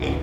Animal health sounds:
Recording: contact call of a hoofed animal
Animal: pig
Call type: closed-mouth grunt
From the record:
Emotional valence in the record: positive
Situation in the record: food and toys in familiar pen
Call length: 0.23 s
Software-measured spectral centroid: 1640 Hz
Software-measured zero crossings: 1240 a second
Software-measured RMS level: -24 dBFS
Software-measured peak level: -16 dBFS

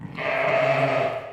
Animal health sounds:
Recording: contact call of a hoofed animal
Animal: sheep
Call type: low-frequency (closed-mouth) or high-frequency (open-mouth) call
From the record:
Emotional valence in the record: negative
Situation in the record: short social isolation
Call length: 1.33 s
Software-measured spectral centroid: 1650 Hz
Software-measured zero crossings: 1950 a second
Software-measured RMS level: -23 dBFS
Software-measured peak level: -10 dBFS

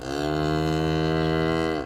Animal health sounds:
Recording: contact call of a hoofed animal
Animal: cattle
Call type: low-frequency (closed-mouth) or high-frequency (open-mouth) call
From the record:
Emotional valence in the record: negative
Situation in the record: full separation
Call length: 1.86 s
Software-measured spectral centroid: 1920 Hz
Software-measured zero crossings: 1280 a second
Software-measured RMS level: -24 dBFS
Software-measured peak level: -14 dBFS

